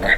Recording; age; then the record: pig call; piglet (1 to 25 days)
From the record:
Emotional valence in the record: positive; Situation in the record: reunion after long isolation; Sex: male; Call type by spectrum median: low-frequency call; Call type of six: low-frequency tonal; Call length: 0.18 s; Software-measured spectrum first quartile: 424 Hz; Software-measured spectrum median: 1537 Hz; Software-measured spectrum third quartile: 1962 Hz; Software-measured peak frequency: 1880 Hz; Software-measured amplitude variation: 165 dB a second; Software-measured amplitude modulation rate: 14.1 a second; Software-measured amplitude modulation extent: 11.7 dB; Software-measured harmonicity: 4.1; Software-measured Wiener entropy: -1.63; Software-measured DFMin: 1190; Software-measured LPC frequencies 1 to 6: 623, 1960, 3741, 5563, 7319, 7856 Hz